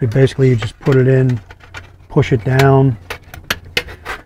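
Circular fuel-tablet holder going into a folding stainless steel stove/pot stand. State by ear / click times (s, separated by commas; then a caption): seated / 3.5 s, 3.8 s. Someone talks while a circular metal fuel-tablet holder is put into the notches halfway up a folding stainless steel stove stand and pushed down. Sharp metallic clicks ring out at 3.5 s and 3.8 s as the holder snaps into place, seated to hold a fuel tablet.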